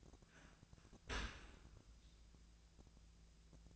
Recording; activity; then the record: daily activity, microphone in the room; open dishwasher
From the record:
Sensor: 2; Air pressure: 1000.3 hPa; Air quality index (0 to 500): 167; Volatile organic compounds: 3 ppm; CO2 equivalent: 1387 ppm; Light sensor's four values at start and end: 11/31/12/14 and 11/31/12/14